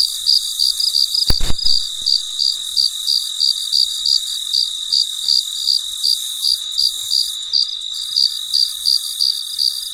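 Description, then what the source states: Cricket chirping, high pulsed chirps repeated about three times a second over a steady high whine, with a brief click near the start. Late at night in a very quiet setting.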